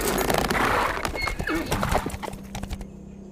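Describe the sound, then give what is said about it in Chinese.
A horse being led and turned back lets out a loud, quavering whinny that wavers in pitch for nearly three seconds before cutting off, with a few hoof clops mixed in and no voices. “莫双豪气的摆手牵马回头。”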